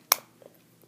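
A plastic toy core is pushed tab first into a launcher and seats with one sharp, bright click at 0.1 s. Two faint ticks follow at about 0.5 s and 0.8 s. This core takes more force than usual to lock in.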